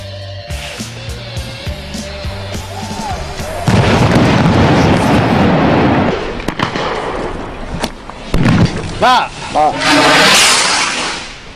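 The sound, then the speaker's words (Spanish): Loud, crackling rocket blasts erupt in rapid succession, with sharp whistling streaks rising between the bangs, as voices shout amid the din; the rockets are fired by striking miners straight at the Guardia Civil during clashes. “Bueno, escuchamos los cohetes de los mineros enviados de frente a la Guardia Civil, que parecen grupos de romanos encuadraditos.”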